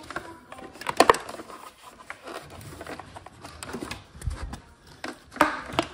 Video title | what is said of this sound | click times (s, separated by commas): Best method of fitting Satellite or Cable TV extension around a Room | and you'll get a little click as you go along | 1.0 s, 1.1 s, 5.4 s, 5.8 s